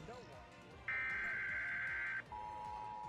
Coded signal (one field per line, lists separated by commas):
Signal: Emergency Alert System (SAME) tones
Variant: header bursts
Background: speech